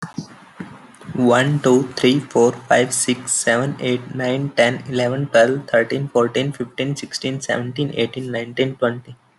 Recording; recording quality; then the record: counting at a fast pace; poor, much background noise or distortion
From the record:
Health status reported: healthy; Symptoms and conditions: none ticked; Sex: male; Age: 25 years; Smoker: not ticked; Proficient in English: yes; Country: India